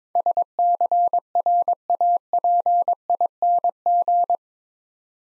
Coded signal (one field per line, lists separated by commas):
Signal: Morse code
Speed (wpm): 24 wpm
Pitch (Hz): 700 Hz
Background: none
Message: SCRAPING